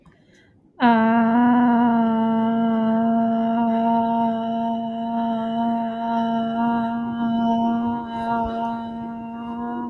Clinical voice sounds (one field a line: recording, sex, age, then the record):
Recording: vowel held as long as possible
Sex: female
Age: 20 to 29 years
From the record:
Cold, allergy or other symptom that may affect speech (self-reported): no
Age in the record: 25 years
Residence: Texas, United States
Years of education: 16